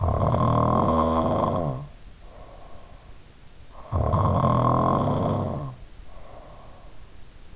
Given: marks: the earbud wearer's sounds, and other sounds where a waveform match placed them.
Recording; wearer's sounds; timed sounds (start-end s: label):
sounds in sleep by an in-ear microphone; snoring breath
0.00-3.19 s: snoring breath
3.88-6.85 s: snoring breath